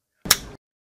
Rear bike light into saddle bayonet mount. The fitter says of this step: Vedete, si infila così, fa clic